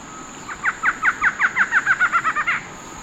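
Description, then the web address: Barred antshrike song: a rolling series of many nasal notes over a steady high hiss. South America, eastern lowlands. "Natures Songs S America Eastern Lowlands. Barred Antshrike"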